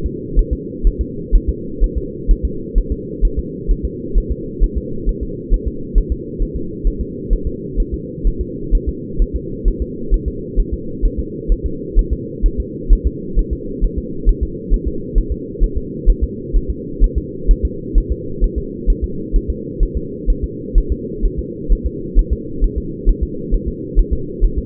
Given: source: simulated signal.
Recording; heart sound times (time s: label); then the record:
fetal heart sounds
0.06 s: S2
0.39 s: S1
0.53 s: S2
0.87 s: S1
1.01 s: S2
1.35 s: S1
1.49 s: S2
1.84 s: S1
1.97 s: S2
2.31 s: S1
2.45 s: S2
2.78 s: S1
2.92 s: S2
3.25 s: S1
3.39 s: S2
3.71 s: S1
3.85 s: S2
4.18 s: S1
4.31 s: S2
4.64 s: S1
4.77 s: S2
5.09 s: S1
5.23 s: S2
5.54 s: S1
5.68 s: S2
5.98 s: S1
6.12 s: S2
6.42 s: S1
6.56 s: S2
6.87 s: S1
7.01 s: S2
7.33 s: S1
7.47 s: S2
7.80 s: S1
7.94 s: S2
8.27 s: S1
8.41 s: S2
8.75 s: S1
8.89 s: S2
9.22 s: S1
9.36 s: S2
9.68 s: S1
9.82 s: S2
10.14 s: S1
10.28 s: S2
10.60 s: S1
10.73 s: S2
11.05 s: S1
11.19 s: S2
11.52 s: S1
11.66 s: S2
11.99 s: S1
12.13 s: S2
12.46 s: S1
12.60 s: S2
12.93 s: S1
13.07 s: S2
13.39 s: S1
13.53 s: S2
13.84 s: S1
13.98 s: S2
14.29 s: S1
14.43 s: S2
14.74 s: S1
14.88 s: S2
15.18 s: S1
15.32 s: S2
15.63 s: S1
15.77 s: S2
16.10 s: S1
16.23 s: S2
16.56 s: S1
16.70 s: S2
17.04 s: S1
17.18 s: S2
17.51 s: S1
17.65 s: S2
17.98 s: S1
18.12 s: S2
18.44 s: S1
18.58 s: S2
18.90 s: S1
19.04 s: S2
19.36 s: S1
19.50 s: S2
19.83 s: S1
19.97 s: S2
20.30 s: S1
20.44 s: S2
20.78 s: S1
20.92 s: S2
21.25 s: S1
21.39 s: S2
21.72 s: S1
21.86 s: S2
22.19 s: S1
22.33 s: S2
22.64 s: S1
22.78 s: S2
23.09 s: S1
23.23 s: S2
23.54 s: S1
23.68 s: S2
23.99 s: S1
24.13 s: S2
24.44 s: S1
24.58 s: S2
From the record:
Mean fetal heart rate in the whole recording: 130 bpm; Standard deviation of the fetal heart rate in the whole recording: 4 bpm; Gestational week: 38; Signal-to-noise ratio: -4.3 dB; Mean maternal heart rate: 72 bpm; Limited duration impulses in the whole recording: absent